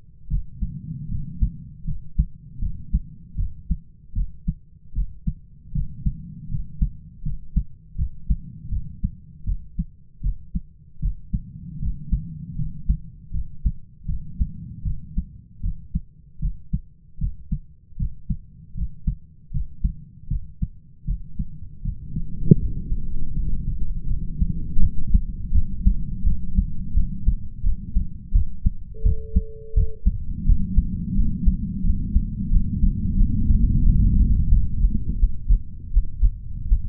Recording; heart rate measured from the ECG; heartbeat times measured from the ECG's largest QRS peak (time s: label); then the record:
heart sounds by stethoscope; 81 bpm
0.28 s: heartbeat
1.09 s: heartbeat
1.85 s: heartbeat
2.59 s: heartbeat
3.36 s: heartbeat
4.14 s: heartbeat
4.93 s: heartbeat
5.73 s: heartbeat
6.49 s: heartbeat
7.23 s: heartbeat
7.96 s: heartbeat
8.70 s: heartbeat
9.45 s: heartbeat
10.21 s: heartbeat
11.00 s: heartbeat
11.80 s: heartbeat
12.56 s: heartbeat
13.31 s: heartbeat
14.06 s: heartbeat
14.83 s: heartbeat
15.61 s: heartbeat
16.40 s: heartbeat
17.19 s: heartbeat
17.97 s: heartbeat
18.75 s: heartbeat
19.52 s: heartbeat
20.28 s: heartbeat
21.05 s: heartbeat
21.83 s: heartbeat
22.59 s: heartbeat
23.34 s: heartbeat
24.07 s: heartbeat
24.80 s: heartbeat
25.53 s: heartbeat
26.24 s: heartbeat
26.94 s: heartbeat
27.63 s: heartbeat
28.33 s: heartbeat
29.03 s: heartbeat
29.75 s: heartbeat
30.46 s: heartbeat
31.16 s: heartbeat
31.84 s: heartbeat
32.50 s: heartbeat
33.16 s: heartbeat
33.82 s: heartbeat
34.49 s: heartbeat
35.19 s: heartbeat
35.92 s: heartbeat
36.67 s: heartbeat
From the record:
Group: healthy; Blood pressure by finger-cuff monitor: 109/63 mmHg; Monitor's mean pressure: 78 mmHg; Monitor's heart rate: 81 bpm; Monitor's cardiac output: 8 L/min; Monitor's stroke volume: 101 mL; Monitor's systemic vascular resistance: 710 dyn s/cm5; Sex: male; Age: 33 years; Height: 179 cm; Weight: 80.4 kg